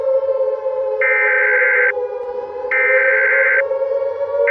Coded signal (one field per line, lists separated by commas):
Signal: Emergency Alert System (SAME) tones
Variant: header bursts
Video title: EAS Scenario: Irradiated Independence (Part II)